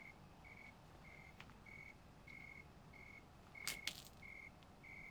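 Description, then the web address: Insect call: brief level tonal pulses at a regular, mechanical pace against background hiss, broken by two sharp clicks midway. "Insect Set 459"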